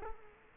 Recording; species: mosquito wingbeat signal from an infrared sensor; Culex quinquefasciatus